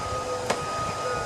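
A new metal flywheel key is dropped into the crankshaft keyway of a lawn mower engine. Over a steady background hum, one short, sharp click at 0.5 s marks the key popping into place, and it is seated.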